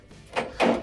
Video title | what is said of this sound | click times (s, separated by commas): GE Dryer Repair - LED Light Is Burned Out - Dryer LED Light | it pops into place at the top | 0.6 s